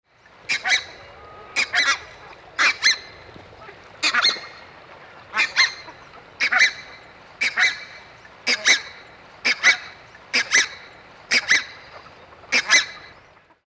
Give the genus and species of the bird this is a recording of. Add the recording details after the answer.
Branta ruficollis. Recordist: Tembrock, Günter. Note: zweisilbiger Ruf